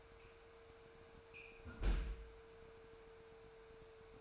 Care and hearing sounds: daily activity, microphone in the room; close fridge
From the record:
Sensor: 2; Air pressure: 1014.9 hPa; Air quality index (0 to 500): 195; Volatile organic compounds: 17 ppm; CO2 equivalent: 2580 ppm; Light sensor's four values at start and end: 26/64/28/31 and 26/64/28/31

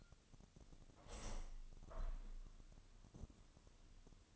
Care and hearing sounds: daily activity, microphone in the room; open window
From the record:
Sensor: 4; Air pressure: 1005.6 hPa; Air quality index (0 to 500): 93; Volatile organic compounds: 2 ppm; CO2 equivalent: 1144 ppm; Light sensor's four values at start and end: 13/29/11/11 and 13/29/11/11

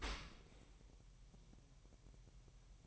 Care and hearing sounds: daily activity, microphone in the room; open dishwasher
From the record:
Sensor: 1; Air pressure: 1000.4 hPa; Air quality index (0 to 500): 246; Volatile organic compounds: 137 ppm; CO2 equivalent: 3964 ppm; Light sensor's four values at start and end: 11/27/11/12 and 11/27/11/12

